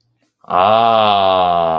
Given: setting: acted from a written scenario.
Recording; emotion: vocal sound without words; awe